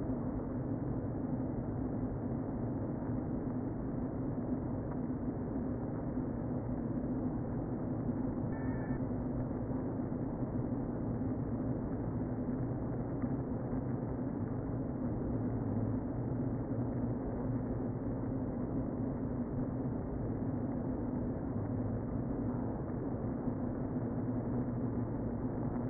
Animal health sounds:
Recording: honeybee colony, microphone inside the hive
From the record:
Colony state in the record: queen present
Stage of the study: before two queens were removed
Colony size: about 60,000 bees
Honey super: yes

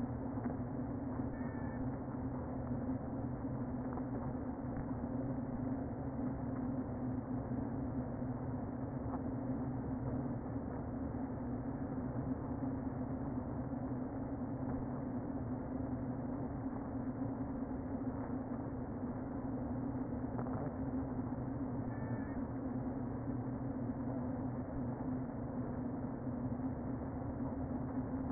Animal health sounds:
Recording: honeybee colony, microphone inside the hive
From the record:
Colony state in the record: queen present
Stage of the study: before two queens were removed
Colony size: about 60,000 bees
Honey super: yes

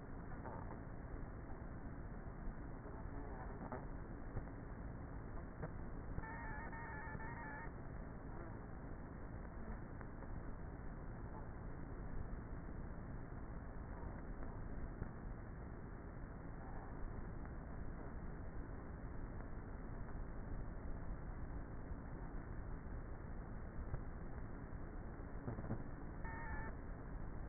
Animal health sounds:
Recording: honeybee colony, microphone inside the hive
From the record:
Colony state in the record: queenless with a low population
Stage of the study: before two queens were removed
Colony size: about 30,000 bees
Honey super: no

